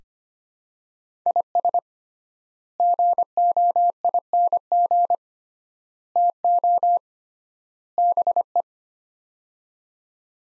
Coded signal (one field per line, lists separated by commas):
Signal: Morse code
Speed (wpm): 25 wpm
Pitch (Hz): 700 Hz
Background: none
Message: IS GOING TO BE